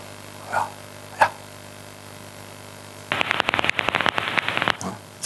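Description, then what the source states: Daubenton's bat echolocation heard through a heterodyne detector: a dense, rapid train of dry crackling clicks, preceded by two faint soft blips. Heard through a normal heterodyne bat detector; the recording also includes social calls, shown by a kinked call shape.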